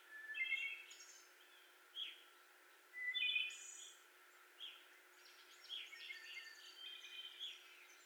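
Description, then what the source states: Wood Thrush: several song phrases of fluty notes, some with higher trilled endings, separated by short pauses. 18 May 2021.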